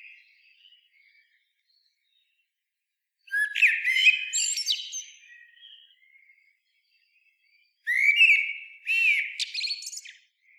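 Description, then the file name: Common blackbird delivering two separate phrases, low mellow whistles breaking into high squeaky chatter, with quiet gaps between. "Turdus merula"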